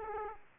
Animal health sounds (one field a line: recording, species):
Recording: mosquito wingbeat signal from an infrared sensor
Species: Aedes aegypti